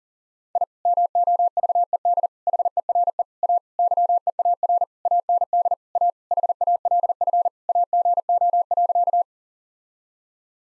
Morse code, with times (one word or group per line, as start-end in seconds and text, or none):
0.6-0.6 I
0.9-2.3 MOVED
2.5-3.2 HERE
3.4-3.6 A
3.8-4.8 YEAR
5.1-5.7 AND
6.0-6.1 A
6.3-7.5 HALF
7.7-9.2 AGO.